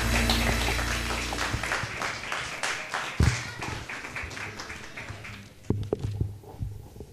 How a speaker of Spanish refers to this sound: Sí, Señor. Gloria a Dios. Den un aplauso a nuestro Señor.